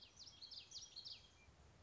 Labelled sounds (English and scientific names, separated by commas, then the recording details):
Common Yellowthroat (Geothlypis trichas)
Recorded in Sonoma County, California